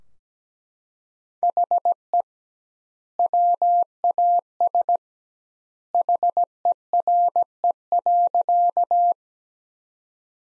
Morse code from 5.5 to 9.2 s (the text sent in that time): HERE.